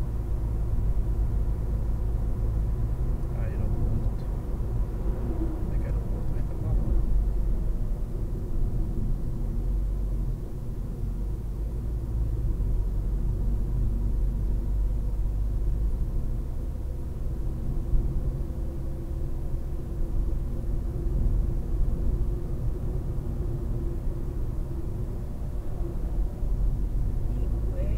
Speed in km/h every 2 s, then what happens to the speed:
70, 69, 69, 58, 48, 46, 47, 48, 51, 53, 56, 58, 58, 57.
0-5 steady at about 69. 5-9 brakes to 46. 9-22 speeds up to 58. 22-28 steady at about 58.